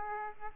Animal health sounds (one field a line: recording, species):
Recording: mosquito wingbeat signal from an infrared sensor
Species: Aedes aegypti